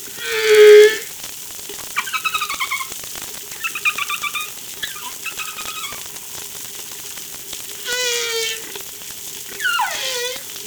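Whale calls: several harmonic moans and chirps separated by short gaps, some steady, some sweeping downward, with a faint constant hum underneath.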